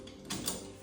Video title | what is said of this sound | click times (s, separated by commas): Installing a Sanus Advanced Tilt Bracket. | You can unlock them | 0.3 s, 0.5 s